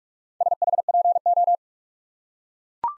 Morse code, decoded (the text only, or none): SHPO